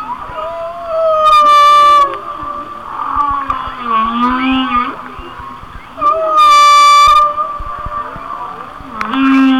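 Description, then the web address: Whale song with long wavering moans, broken by repeated loud, harsh, horn-like blasts about a second long. "Natures Songs Whale Songs Whale Songs- Mike Mc Donald"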